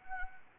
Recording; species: mosquito wingbeat signal from an infrared sensor; Anopheles arabiensis